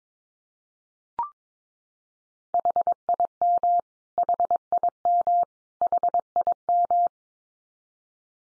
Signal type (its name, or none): Morse code